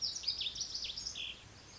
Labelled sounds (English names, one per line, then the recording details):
Lazuli Bunting
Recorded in Sonoma County, California